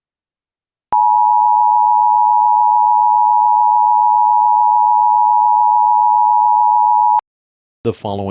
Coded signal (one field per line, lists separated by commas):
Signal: Emergency Alert System (SAME) tones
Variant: 853 and 960 Hz attention tone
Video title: EAS Scenario: The SCP rampage (Part 1/2)